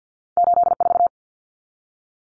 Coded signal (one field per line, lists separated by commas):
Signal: Morse code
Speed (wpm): 50 wpm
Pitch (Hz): 700 Hz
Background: none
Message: 84